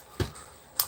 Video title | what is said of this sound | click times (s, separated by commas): mecha Invasion Devastator q&q | click in place | 0.8 s